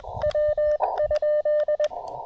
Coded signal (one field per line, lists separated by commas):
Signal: Morse code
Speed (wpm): 20 wpm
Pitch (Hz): 590 Hz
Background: none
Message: W ?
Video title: On the Air Before the Downpour: Real-Time QRP POTA at Cap Tourmente!